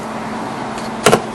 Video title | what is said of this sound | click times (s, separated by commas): How To Replace The Starter 2000-2004 Nissan Xterra | they just snap right into the holes. | 1.1 s